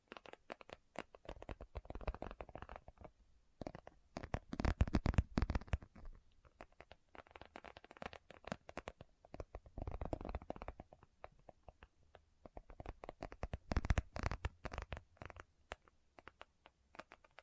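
Someone rummages through a bag, producing dense bursts of rustling, crinkling and sharp clicks as items are shifted about. The handling comes in irregular flurries, with a brief quiet pause near 3.5 seconds and a lull around 12 seconds before it picks up again.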